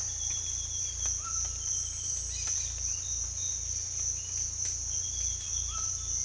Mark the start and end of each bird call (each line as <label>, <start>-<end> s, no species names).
bird call, 0.06-2.63 s
bird call, 4.91-6.04 s